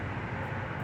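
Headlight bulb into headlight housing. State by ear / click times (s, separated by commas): not seated / none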